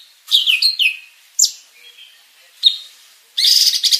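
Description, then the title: Greater green leafbird giving a few short whistled slurs and sharp notes separated by gaps, ending in a loud, buzzy, rattling burst. Champion bird singing a complete 'isian' song while spreading its wings. "Burung Cucak Ijo Juara Dunia Suara Isian Komplit Kibarkan Sayap"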